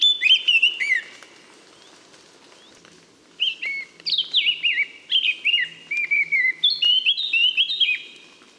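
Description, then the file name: Eurasian blackcap: a short warbled burst, a pause of about two seconds, then a longer phrase of bright, fluty whistled notes. "Sylvia atricapilla"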